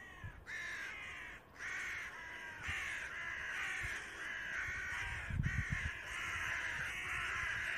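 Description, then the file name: Carrion crow calling in a steady stream of hoarse, raspy caws, one following another with short breaks, over faint low rumbling background noise. "Corvus corone"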